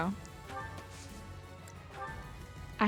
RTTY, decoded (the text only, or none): none